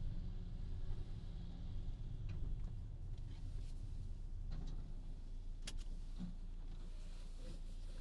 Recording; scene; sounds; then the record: everyday scene through a hearing-aid microphone; in a vehicle; engine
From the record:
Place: Berlingo II, diesel engine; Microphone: in the ear canal, left